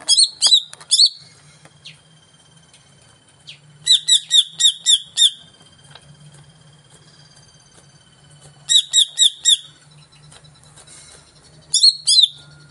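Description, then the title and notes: Greater green leafbird song: repeated bursts of fast, bright, evenly spaced notes in short groups separated by pauses, over a faint hum. Cucak ijo song used as a lure (pancingan) to stimulate a caged bird to sing and perform when hung (gantang); bird described as gacor, singing vigorously. "Pancingan CUCAK IJO Mau Di Gantang. Cucak Ijo Gacor"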